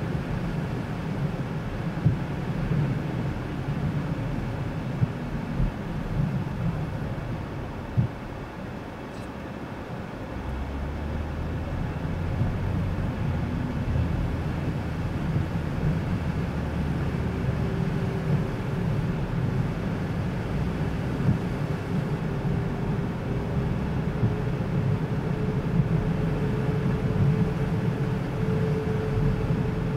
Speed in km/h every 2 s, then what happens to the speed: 43, 38, 34, 32, 0, 2, 17, 15, 24, 30, 31, 40, 48, 53, 53.
0-8 brakes to 0. 8-10 standing. 10-17 pulls away to 30. 20-25 speeds up to 53.